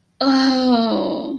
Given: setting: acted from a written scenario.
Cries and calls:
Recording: vocal sound without words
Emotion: embarrassment

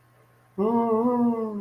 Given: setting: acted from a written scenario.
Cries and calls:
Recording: vocal sound without words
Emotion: desire

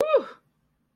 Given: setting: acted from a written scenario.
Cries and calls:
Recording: vocal sound without words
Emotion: triumph

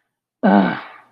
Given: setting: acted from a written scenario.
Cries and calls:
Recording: vocal sound without words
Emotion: anger

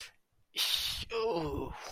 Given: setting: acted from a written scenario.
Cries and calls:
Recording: vocal sound without words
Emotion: shame

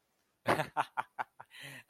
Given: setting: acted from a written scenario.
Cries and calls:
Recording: vocal sound without words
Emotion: amusement

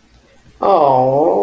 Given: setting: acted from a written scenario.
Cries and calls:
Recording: vocal sound without words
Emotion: adoration

